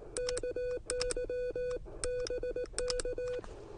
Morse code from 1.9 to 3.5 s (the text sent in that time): BK